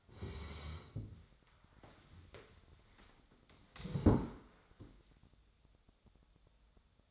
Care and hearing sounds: daily activity, microphone in the room; sit down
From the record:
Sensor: 3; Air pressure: 1015.2 hPa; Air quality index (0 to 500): 168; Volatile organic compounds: 13 ppm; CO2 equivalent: 2406 ppm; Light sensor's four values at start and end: 14/37/15/16 and 14/38/15/16

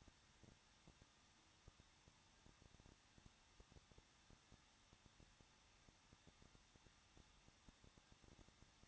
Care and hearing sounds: daily activity, microphone in the room; no activity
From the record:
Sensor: 3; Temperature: 21.2 degrees Celsius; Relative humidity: 36.2%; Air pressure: 1006.4 hPa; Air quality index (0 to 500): 221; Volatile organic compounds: 40 ppm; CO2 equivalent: 3142 ppm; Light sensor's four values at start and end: 2/3/2/2 and 2/3/2/2

